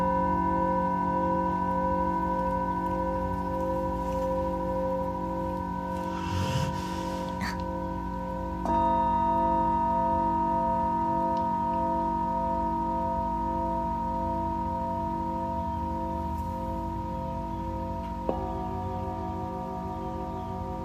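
Singing bowls for sound healing ring in long, steady overlapping tones that barely fade. Around 9 and 18 seconds a new bowl enters and the pitches shift, and a brief soft rustle passes near the 6-second mark.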